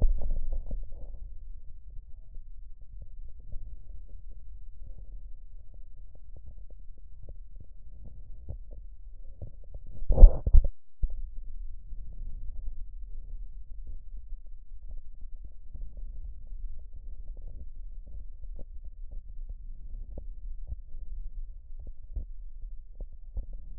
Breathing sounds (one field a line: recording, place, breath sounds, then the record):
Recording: lung sounds by stethoscope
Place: left posterior lower chest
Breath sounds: crackles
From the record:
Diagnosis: heart failure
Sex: male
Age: 53 years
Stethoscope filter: extended mode, 50 to 500 Hz